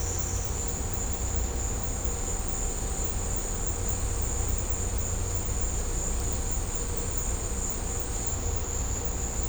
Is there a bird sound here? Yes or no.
no